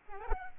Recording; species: mosquito wingbeat signal from an infrared sensor; Aedes albopictus